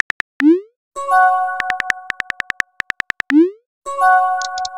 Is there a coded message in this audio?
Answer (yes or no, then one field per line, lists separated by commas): no